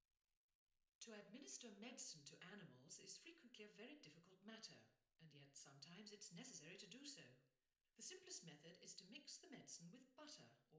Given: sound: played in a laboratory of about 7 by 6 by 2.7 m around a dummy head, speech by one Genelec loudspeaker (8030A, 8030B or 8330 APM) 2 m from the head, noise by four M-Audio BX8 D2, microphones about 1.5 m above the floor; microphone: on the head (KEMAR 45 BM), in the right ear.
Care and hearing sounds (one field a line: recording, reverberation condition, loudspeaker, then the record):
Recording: female speech in English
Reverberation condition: medium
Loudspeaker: 30 degrees to the right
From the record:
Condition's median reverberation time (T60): about 510 ms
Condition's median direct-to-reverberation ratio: about -0.5 dB